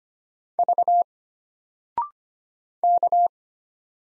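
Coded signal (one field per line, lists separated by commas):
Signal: Morse code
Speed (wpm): 25 wpm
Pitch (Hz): 700 Hz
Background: none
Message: V K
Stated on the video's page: Morse drill of single letters at 25 wpm, each sent, then spoken after a 0.6-second pause, then sent again, for instant character recognition.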